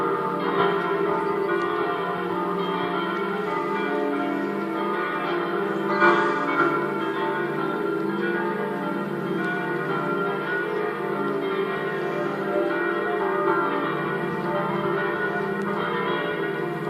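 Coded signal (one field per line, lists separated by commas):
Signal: bell signal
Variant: 5-bell swung concerto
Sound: several large church bells swinging continuously, overlapping clangs blending into a constant ringing wash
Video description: concerto di 5 campane mezz' ora prima della messa delle 09:30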